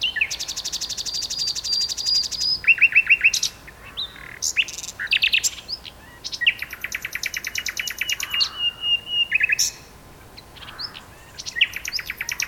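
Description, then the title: Common nightingale song: rapid rattling trills, drawn-out whistles and harsh phrases alternating with short pauses. Two nightingales singing in a duet on Westleton Heath. "sanderson. nightingale duet on westleton heath"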